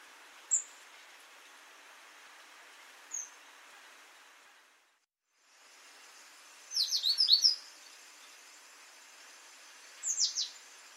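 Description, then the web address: Great tit calls: a couple of thin high notes, a short pause, then a rapid burst of high chirps and a shorter final burst, with steady background hiss. "SETE Parus major"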